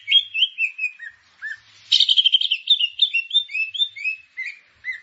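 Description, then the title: Grey-cheeked bulbul song: a string of slurred whistled notes, mostly mid-high and dropping, broken by a burst of harsher chatter about two seconds in. "Kicau Burung Cucak Jenggot"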